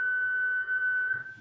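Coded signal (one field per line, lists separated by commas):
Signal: FT8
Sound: a single steady pure tone around 1.5 kHz, fading slightly at the end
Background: low hum, room noise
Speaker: I'll turn up my 710 yeah you can hear it there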